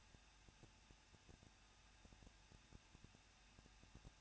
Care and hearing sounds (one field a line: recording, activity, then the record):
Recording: daily activity, microphone in the room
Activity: no activity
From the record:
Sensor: 2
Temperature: 21.0 degrees Celsius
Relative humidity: 37.3%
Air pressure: 1006.4 hPa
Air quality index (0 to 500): 220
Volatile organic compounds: 23 ppm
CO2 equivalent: 2781 ppm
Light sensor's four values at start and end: 2/3/2/2 and 2/3/2/2